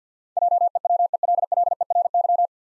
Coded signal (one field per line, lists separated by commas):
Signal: Morse code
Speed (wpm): 52 wpm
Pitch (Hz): 700 Hz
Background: none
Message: JEWELLERY